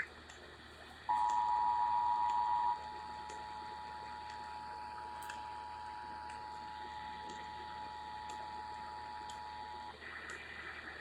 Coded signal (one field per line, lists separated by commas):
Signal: Emergency Alert System (SAME) tones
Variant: 853 and 960 Hz attention tone